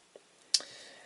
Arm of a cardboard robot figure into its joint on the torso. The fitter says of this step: then the arms would click into place and go down like so and then